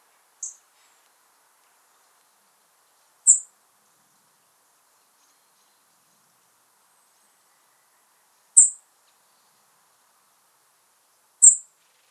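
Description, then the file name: European robin giving short, very high, thin call notes, spaced several seconds apart with silence between them. "Erithacus rubecula"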